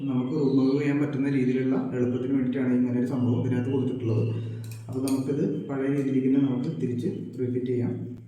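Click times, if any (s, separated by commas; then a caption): none. A dust bag is handled for refitting into a vacuum cleaner body after being emptied, while a man talks throughout. No click or sharp hit is heard, and nothing has seated or clicked yet when the clip ends.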